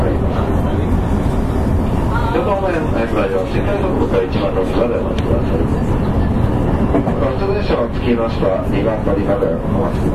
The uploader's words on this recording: JR西日本223系 JR神戸線快速 神戸から大阪まで. JR西日本223系電車の走行音です。 JR神戸線の快速列車で録音しました。 Running noise of JR West 223 series train.